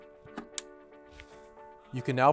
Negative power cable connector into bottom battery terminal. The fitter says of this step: and another click at the bottom battery